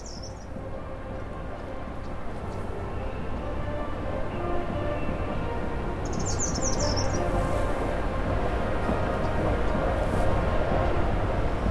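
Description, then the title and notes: Rusty flowerpiercer giving two brief, high twittering bursts, one at the start and another around six seconds, over a constant low rumble. Vocalization at Estación de la Sábana, Bogotá, October 2024; a marching band rehearses in the background at a convent; recorded with a Zoom H5. "vocalización del Pinchaflor ( Diglossa sittoides ) en la Estación de la Sábana, Bogotá, en el mes de octubre del año 2024"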